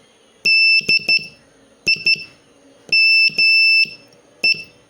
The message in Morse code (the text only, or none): DIME